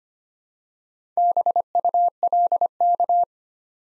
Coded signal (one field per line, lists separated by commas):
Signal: Morse code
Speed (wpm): 25 wpm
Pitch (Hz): 700 Hz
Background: none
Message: BULK